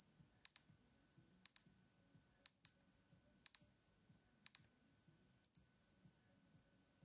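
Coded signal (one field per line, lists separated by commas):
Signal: radio time signal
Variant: DCF77 emulation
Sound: steady hum broken by a brief clicky dropout once a second, six in all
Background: small room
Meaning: Time code that sets a radio-controlled watch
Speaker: works you see seconds here are exactly the same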